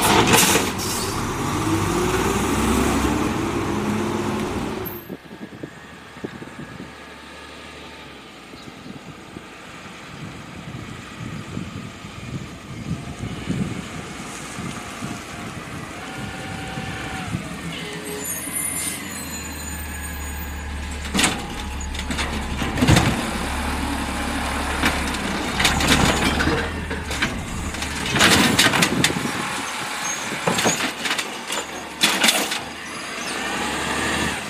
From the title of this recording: Garbage Trucks